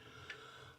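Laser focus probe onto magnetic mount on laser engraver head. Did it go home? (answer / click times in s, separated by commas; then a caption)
yes / 0.3 s. The small focus probe of a Laserpecker LX2 diode laser engraver is set onto the two magnets of its mount on the laser head, where an indentation lets it snap into place. A short, sharp click is heard at 0.3 s, and the probe seats. A fainter tap follows near the end of the clip over a low steady hum.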